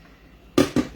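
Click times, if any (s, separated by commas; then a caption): 0.6 s. The pull-cord lid of a plastic food chopper is fitted onto its plastic bowl. After a quiet start, a sharp plastic snap at 0.6 s is followed by a second, slightly weaker snap at about 0.8 s. The lid clicks on and is seated on the bowl.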